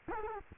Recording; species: mosquito wingbeat signal from an infrared sensor; Culex quinquefasciatus